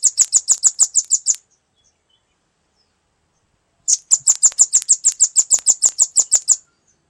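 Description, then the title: Velvet-fronted nuthatch song: two bursts of rapid, very high, sharp chipping notes, separated by a silent pause of over two seconds. "Suara burung rambatan"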